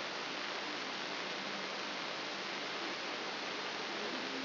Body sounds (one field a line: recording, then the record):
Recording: brain microelectrode recording played as sound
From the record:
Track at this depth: outside the subthalamic nucleus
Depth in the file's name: 6.301 mm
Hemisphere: left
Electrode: 3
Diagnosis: Parkinson's disease